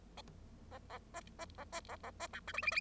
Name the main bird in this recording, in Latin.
Lonchura striata domestica